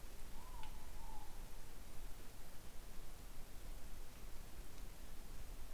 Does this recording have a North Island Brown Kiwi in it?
no